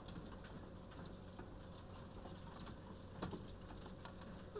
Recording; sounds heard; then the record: poultry house recording; healthy chickens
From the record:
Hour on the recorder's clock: 14